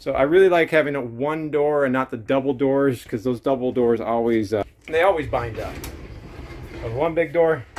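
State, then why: Not seated. Someone talks while handling the single large pocket door in the interior wall of a 2019 Allegro Red diesel motorhome, with a softer, noisy stretch between the words. The clip ends before the door reaches its latch, so nothing has seated or latched yet.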